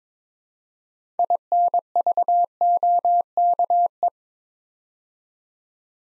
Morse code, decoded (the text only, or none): INVOKE